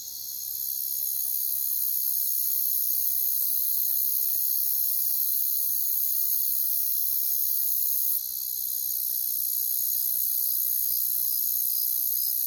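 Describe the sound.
Crickets in a steady high chorus that fades in at the start, with a pulsing chirp in the last part.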